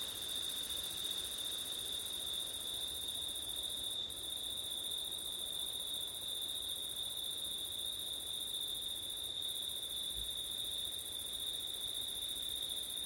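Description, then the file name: Crickets keep up an unbroken, high, ringing trill with a fainter shimmering band above it, steady throughout. Crickets recorded on a September night with wind. "crickets wind september night ortif"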